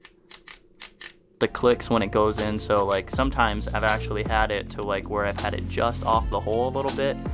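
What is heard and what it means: The mounting bar of an Axcel Achieve XP archery target sight slides into the ratcheting clamp on the bow mount, giving a series of sharp clicks at 0.1, 0.3, 0.5, 0.8 and 1.1 seconds. The clicks confirm the bar is fully seated in the clamp. Someone then talks.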